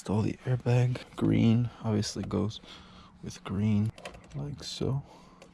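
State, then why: Not seated. A green airbag wiring connector is handled up to its matching green socket on the steering wheel airbag module while a 10th-gen Civic Type R steering wheel is installed on a 2019–2021 Honda Civic hatchback. Someone talks throughout over light handling taps, with a faint tick near 5.4 s. Nothing has seated or clicked yet.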